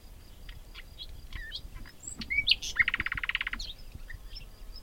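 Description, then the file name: Common nightingale phrase over a rough, noisy background: scattered chips and a sharp whistle, then a dry rattling trill of fast repeated notes. "Luscinia megarhynchos"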